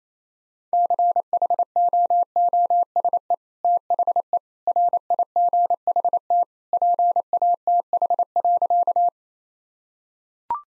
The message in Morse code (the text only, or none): CHOOSE THE RIGHT PATH.